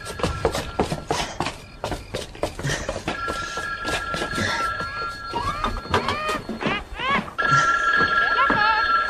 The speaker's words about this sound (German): Das Telefon.